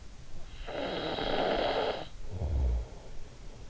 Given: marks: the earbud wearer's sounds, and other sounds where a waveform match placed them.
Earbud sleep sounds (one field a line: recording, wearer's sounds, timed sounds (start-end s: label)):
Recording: sounds in sleep by an in-ear microphone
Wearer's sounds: snoring breath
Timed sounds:
0.35-3.41 s: snoring breath